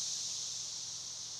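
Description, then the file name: Cicada song heard as a brief, unbroken high-pitched buzzing hiss, fading very slightly toward the end. Recorded 1 June 2011. "2011 06 01 cicada"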